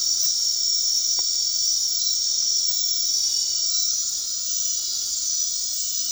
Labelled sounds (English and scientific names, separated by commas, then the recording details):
none
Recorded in dense forest near Puerto Asís, Putumayo, Colombia, on 21 March 2025 at 21:00
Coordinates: 0.499, -76.324
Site GP03